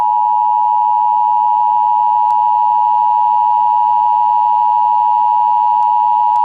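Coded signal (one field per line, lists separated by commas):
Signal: Emergency Alert System (SAME) tones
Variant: 853 and 960 Hz attention tone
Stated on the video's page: Fake mock of a TV station's monthly EAS test.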